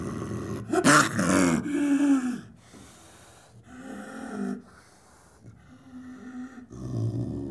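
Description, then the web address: Leopard calls: harsh rasping grunts with breathy, sawing exhalations, a loud burst near the start followed by quieter hoarse calls spaced a couple of seconds apart. "big cats|leopards"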